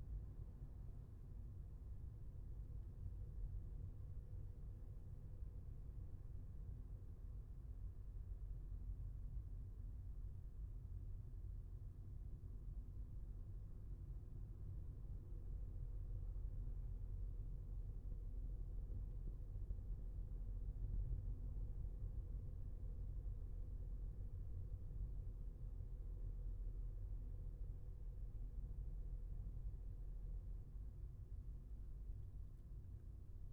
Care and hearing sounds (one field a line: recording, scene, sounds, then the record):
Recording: everyday scene through a hearing-aid microphone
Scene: in a vehicle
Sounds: engine, highway driving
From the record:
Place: Skoda Fabia, gasoline engine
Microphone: behind the ear, left, rear